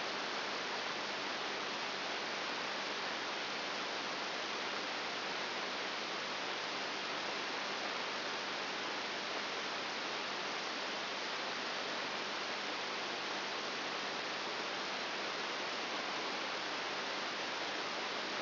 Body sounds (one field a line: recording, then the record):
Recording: brain microelectrode recording played as sound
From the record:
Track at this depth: inside the subthalamic nucleus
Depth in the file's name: 0.902 mm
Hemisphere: right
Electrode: 3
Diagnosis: Parkinson's disease